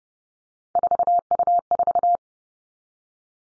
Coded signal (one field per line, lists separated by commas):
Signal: Morse code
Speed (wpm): 30 wpm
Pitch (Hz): 700 Hz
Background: none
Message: 4U4